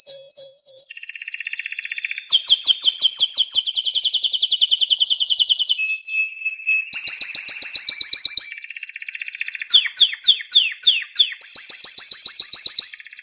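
Canary song: a few short whistles, then fast rolling trills, buzzy passages and sharp descending chirps in varied, continuous phrases.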